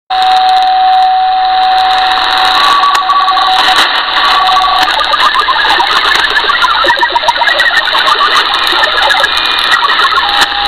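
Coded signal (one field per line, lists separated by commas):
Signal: HF data modem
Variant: Saab Grintek MHF-50 MFSK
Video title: 4346 kHz South Africa Navy - Saab Grintek MHF-50 MFSK Modem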